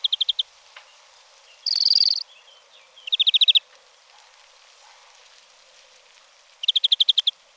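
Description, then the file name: European greenfinch: several short rapid trills of chirping notes and one harsh buzzy burst, separated by pauses, over faint background hiss. "Verdier"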